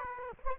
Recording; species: mosquito wingbeat signal from an infrared sensor; Aedes aegypti